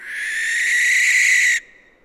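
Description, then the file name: Western barn owl producing a single drawn-out, harsh screech that swells slightly in loudness before cutting off abruptly. "Western Barn Owl Tyto alba"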